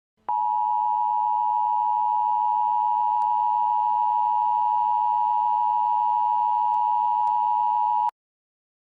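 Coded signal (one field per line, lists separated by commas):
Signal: Emergency Alert System (SAME) tones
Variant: 853 and 960 Hz attention tone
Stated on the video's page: Fictional scenario built with valid EAS tones.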